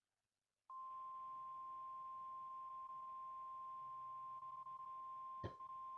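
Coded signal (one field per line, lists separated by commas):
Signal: Emergency Alert System (SAME) tones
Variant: 1050 Hz attention tone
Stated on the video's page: Required weekly test on NOAA weather radio station WXL40.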